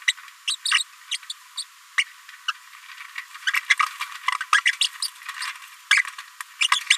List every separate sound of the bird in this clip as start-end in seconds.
0.08-0.12, 0.47-0.55, 0.65-0.68, 1.11-1.17, 1.29-1.33, 1.57-1.62, 2.48-2.53, 3.18-3.21, 3.46-3.51, 3.70-3.75, 3.79-3.82, 4.00-4.04, 4.40-4.44, 4.53-4.61, 4.65-4.72, 4.81-4.83, 5.02-5.07, 5.42-5.45, 5.91-6.02, 6.61-6.67, 6.72-6.80, 6.90-6.96